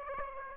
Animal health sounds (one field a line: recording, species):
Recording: mosquito wingbeat signal from an infrared sensor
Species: Aedes aegypti